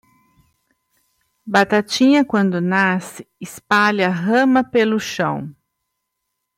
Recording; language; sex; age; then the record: short text; Brazilian Portuguese; female; 40 to 49 years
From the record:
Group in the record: control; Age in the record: 49 years